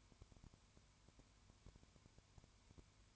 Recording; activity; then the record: daily activity, microphone in the room; no activity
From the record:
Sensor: 2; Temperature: 20.0 degrees Celsius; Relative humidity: 32.1%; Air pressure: 1001.1 hPa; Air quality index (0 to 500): 55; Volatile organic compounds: 1 ppm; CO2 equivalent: 603 ppm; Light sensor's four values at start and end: 2/3/2/2 and 2/3/2/2